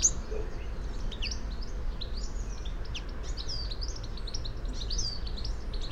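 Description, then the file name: European goldfinch twittering, a quiet run of soft, high, liquid chirps after a brief near-silent start, against a steady low background rumble. "Carduelis carduelis"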